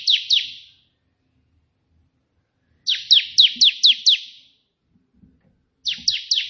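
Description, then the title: Prinia song: two sharp falling chips, a pause, a run of six, then three more, each note a bright, abrupt downstroke. A white prenjak singing three variations of the 'tembakan' song style, suitable as tutor song for training pet prenjak. "3 VARIASI TEMBAKAN prenjak putih ini COCOK untuk masteran prenjak anda"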